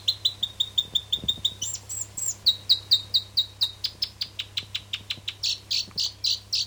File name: south island robin song